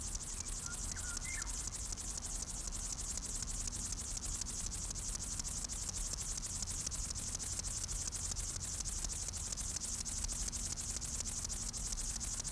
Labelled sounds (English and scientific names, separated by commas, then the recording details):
Upland Field Grasshopper (Chorthippus apricarius) stridulation
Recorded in the wild
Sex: male
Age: imago
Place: Botanische Anlage Blankenfelde, Berlin, DE
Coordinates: 52.603, 13.4
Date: 1994-08-07
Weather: heiter, 20-22°C
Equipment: Marantz CP 430, Sennheiser ME 80, Kopie Uher Variocord 263
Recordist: Tembrock, Günter